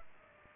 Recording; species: mosquito wingbeat signal from an infrared sensor; Aedes aegypti